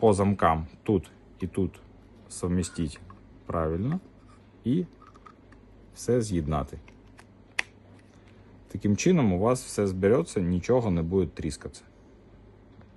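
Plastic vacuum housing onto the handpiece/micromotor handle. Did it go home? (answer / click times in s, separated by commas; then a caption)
yes / 7.6 s. Someone talks while reassembling a Saeyang Cyclone Vac pedicure vacuum unit, lining up the plastic vacuum housing on its two locks and joining it onto the handpiece/micromotor handle. A single sharp, loud click at 7.6 s marks the housing snapping home, seated so that nothing rattles.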